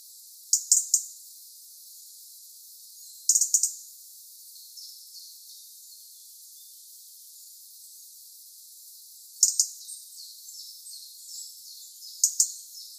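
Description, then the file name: European robin uttering brief clusters of high, clicking tick notes at irregular intervals, with faint softer chirps between the later clusters. "Erithacus rubecula"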